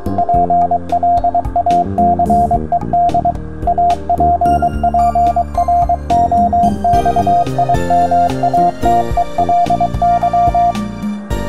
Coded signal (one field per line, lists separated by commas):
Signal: Morse code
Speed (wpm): 23 wpm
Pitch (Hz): 700 Hz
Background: music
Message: PLACED APPROXIMATELY